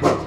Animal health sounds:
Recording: pig call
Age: growing-finishing pig (85 days or more)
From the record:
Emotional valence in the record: positive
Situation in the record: run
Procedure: transit

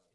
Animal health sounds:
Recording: pig call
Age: piglet (1 to 25 days)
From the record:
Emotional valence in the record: positive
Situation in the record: short reunion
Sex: male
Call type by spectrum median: high-frequency call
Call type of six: low-frequency tonal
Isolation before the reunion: 3 minutes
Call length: 0.14 s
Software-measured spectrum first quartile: 527 Hz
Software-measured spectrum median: 3000 Hz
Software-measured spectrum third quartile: 11269 Hz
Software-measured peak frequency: 473 Hz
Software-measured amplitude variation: 64 dB a second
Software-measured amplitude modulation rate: 10.6 a second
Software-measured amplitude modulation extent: 6.0 dB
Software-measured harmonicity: 4.4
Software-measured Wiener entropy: -1.94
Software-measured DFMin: 685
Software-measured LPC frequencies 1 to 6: 567, 1257, 2369, 3292, 4053, 4844 Hz

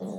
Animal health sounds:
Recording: pig call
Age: piglet (1 to 25 days)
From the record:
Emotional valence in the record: negative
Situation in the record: short isolation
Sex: male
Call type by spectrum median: low-frequency call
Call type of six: low-frequency modulated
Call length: 0.19 s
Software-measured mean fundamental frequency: 65 Hz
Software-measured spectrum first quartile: 199 Hz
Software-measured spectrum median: 329 Hz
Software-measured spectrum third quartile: 574 Hz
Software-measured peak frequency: 200 Hz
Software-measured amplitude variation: 74 dB a second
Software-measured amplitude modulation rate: 28.6 a second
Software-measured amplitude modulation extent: 2.6 dB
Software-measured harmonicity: 4.2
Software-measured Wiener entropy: -0.34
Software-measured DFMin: 1787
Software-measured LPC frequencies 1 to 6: 403, 3594, 5749, 6619, 7821, 9600 Hz

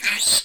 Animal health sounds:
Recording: pig call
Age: piglet (1 to 25 days)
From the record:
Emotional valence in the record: negative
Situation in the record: restrain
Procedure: sham castration, cut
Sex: male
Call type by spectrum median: high-frequency call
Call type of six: mixed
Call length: 0.46 s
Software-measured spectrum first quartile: 3459 Hz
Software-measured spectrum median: 5432 Hz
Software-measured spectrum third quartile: 8427 Hz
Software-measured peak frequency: 2424 Hz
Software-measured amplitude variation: 147 dB a second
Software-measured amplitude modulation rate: 18.6 a second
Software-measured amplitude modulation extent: 7.9 dB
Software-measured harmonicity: 4.5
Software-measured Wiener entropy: -2.11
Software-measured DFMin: 572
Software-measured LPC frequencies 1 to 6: 1801, 2436, 3628, 4179, 4631, 8230 Hz

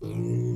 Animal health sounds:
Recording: pig call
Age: weaner (32 to 43 days)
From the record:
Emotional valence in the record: negative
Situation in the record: negative conditioning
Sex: female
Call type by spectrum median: low-frequency call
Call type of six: low-frequency stable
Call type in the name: low-frequency stable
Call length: 0.56 s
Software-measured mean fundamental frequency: 58 Hz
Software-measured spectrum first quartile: 123 Hz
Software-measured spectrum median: 187 Hz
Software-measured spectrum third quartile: 356 Hz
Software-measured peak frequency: 349 Hz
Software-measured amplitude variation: 113 dB a second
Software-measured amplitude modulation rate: 43.7 a second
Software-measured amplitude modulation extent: 2.6 dB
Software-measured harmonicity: -0.1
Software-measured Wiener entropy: -0.52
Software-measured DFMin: 1320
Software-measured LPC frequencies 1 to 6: 298, 2360, 3502, 4267, 5369, 6666 Hz

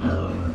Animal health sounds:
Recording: pig call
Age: growing-finishing pig (85 days or more)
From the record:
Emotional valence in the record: negative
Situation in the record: barren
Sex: male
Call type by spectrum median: low-frequency call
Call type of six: low-frequency modulated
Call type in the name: low-frequency modulated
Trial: 2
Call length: 0.55 s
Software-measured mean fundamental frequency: 45 Hz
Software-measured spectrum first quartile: 126 Hz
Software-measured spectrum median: 258 Hz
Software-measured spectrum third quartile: 603 Hz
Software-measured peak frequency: 243 Hz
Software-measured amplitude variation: 110 dB a second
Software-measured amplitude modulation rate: 26.5 a second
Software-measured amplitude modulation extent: 4.1 dB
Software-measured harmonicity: -1.2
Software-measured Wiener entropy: -0.88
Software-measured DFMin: 980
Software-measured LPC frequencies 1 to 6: 1362, 2683, 3199, 4282, 5570, 6506 Hz

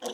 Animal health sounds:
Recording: pig call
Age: piglet (1 to 25 days)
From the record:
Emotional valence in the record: negative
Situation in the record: fighting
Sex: male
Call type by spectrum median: low-frequency call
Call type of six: low-frequency tonal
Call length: 0.14 s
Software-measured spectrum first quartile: 525 Hz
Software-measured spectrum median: 1294 Hz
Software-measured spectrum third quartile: 4678 Hz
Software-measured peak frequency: 491 Hz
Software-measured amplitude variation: 151 dB a second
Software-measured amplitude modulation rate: 10.5 a second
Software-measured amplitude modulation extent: 14.4 dB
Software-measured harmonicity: 2.8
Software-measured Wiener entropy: -2.35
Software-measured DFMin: 1501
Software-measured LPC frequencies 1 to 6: 557, 1674, 3034, 3450, 4898, 5767 Hz

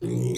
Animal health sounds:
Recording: pig call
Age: weaner (32 to 43 days)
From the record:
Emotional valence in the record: negative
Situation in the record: short isolation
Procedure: open field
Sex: female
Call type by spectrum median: low-frequency call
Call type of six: mixed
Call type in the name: high-frequency modulated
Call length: 0.38 s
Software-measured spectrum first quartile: 144 Hz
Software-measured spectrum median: 308 Hz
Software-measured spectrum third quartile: 733 Hz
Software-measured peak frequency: 357 Hz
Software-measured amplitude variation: 107 dB a second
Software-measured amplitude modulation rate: 32.7 a second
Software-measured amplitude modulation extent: 3.3 dB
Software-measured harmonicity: 4.3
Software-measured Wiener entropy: -1.15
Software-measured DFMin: 1210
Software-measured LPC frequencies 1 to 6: 347, 2189, 3646, 4331, 5754, 5980 Hz

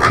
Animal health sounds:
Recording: pig call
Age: piglet (1 to 25 days)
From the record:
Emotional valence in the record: positive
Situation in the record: reunion after long isolation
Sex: female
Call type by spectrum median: low-frequency call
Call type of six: low-frequency tonal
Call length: 0.11 s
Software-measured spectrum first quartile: 383 Hz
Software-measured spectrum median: 1106 Hz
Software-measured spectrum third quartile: 1538 Hz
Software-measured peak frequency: 1197 Hz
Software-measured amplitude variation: 59 dB a second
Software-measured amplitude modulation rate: 13.3 a second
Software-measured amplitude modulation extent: 4.4 dB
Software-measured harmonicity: 0.2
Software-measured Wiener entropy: -1.08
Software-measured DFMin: 1003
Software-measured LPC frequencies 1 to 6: 1237, 1791, 3325, 4175, 4826, 5585 Hz

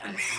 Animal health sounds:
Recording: pig call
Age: piglet (1 to 25 days)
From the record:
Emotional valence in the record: negative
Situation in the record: castration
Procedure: castration, fixation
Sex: male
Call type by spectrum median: high-frequency call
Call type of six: high-frequency modulated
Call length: 0.39 s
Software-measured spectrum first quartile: 1933 Hz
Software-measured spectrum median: 2881 Hz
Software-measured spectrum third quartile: 6907 Hz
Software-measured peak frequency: 2183 Hz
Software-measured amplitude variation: 97 dB a second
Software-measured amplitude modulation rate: 27.1 a second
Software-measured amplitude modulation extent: 3.6 dB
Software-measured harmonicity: 1.5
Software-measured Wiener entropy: -2.43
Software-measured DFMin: 639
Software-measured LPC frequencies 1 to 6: 1018, 2083, 2421, 3433, 5854, 7455 Hz

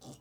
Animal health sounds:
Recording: pig call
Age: piglet (1 to 25 days)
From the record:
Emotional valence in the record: negative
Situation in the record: restrain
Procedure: sham castration, cut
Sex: male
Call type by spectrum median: low-frequency call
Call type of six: low-frequency tonal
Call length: 0.21 s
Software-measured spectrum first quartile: 294 Hz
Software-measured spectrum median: 1113 Hz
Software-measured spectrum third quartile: 6021 Hz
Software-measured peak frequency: 246 Hz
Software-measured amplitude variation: 108 dB a second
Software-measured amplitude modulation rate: 9.3 a second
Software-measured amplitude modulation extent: 11.6 dB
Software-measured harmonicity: 3.2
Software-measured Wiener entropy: -2.64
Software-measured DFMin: 1070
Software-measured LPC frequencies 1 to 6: 2991, 3631, 4827, 5742, 6570, 7356 Hz

